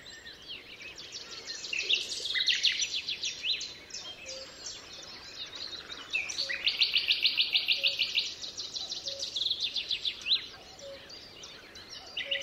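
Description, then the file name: Common nightingale singing varied phrases, including fast rattling trills around the middle, with faint low tonal notes repeating in the background. Recorded 27 April 2014 at the Altmühlsee. "Nachtigall. Altmuehlsee. Susanne Rieck"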